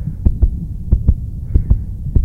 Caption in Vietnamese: Âm thanh của nhịp tim từ một người tài xế xe bus. Sau khi họ bị mắng chửi. Bị xúc phạm và bị hăm dọa.